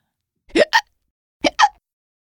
It's a hiccup.